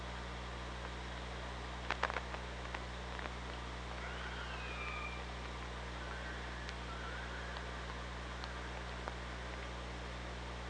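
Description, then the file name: Killer whale call heard underwater, a faint rising and falling tone around four seconds, with sharp clicks and a constant low hum throughout. OrcaLab hydrophone, underwater, 24 August 2017 at 06:26. "Orca Lab UTLN JASON 20170824 062635"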